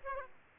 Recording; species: mosquito wingbeat signal from an infrared sensor; Aedes aegypti